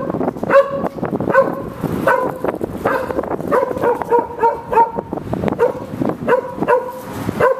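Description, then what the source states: Dog barking busily, with many ringing barks in quick succession throughout. Dog barking at a cat.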